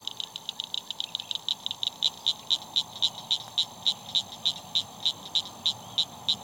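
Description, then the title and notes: Cricket frog calling, a series of sharp clicking notes, rapid at first, then more slowly and evenly spaced, with a faint steady high tone behind. "cricket frogs by Christie Mullen"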